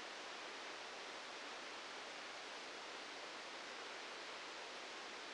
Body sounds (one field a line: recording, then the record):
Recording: brain microelectrode recording played as sound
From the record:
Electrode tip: outside the subthalamic nucleus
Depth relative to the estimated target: -5 mm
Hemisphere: right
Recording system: NeuroSet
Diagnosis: Parkinson's disease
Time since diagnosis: 13 years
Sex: male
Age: 65 years